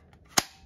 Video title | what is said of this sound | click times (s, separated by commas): 3D Printed Makita 18V to Milwaukee M18 Adapter FUEL 18ga Brad Nailer (2746-20) | has a nice click | 0.4 s